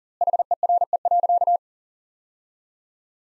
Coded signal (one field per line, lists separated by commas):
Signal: Morse code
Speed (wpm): 40 wpm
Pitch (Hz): 700 Hz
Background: none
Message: HERE.